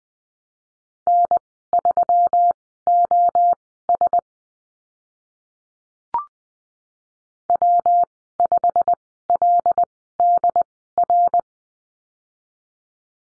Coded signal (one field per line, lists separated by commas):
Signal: Morse code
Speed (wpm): 20 wpm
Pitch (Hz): 700 Hz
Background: none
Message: N3OS W5LDR